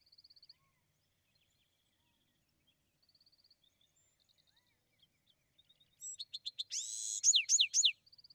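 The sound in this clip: Bewick's wren song: a soft high trill, scattered quiet notes, then a loud phrase of short notes, a buzz and several steeply descending slurs, ending with another trill.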